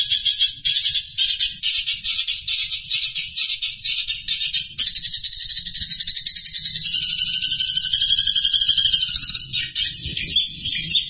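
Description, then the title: Bird song, rapid buzzy high twittering phrases, then clearer whistled notes sliding up and down near the end. "burung"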